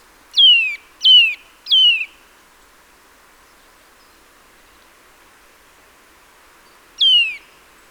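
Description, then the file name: Eurasian nuthatch giving sharp descending calls, three in quick succession, then a single call after a five-second pause; otherwise quiet. "Sitta europaea"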